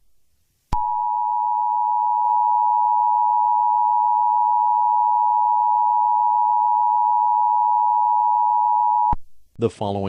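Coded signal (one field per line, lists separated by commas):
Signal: Emergency Alert System (SAME) tones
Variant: 853 and 960 Hz attention tone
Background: speech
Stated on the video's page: Fictional EAS scenario, simulated alert.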